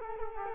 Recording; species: mosquito wingbeat signal from an infrared sensor; Culex quinquefasciatus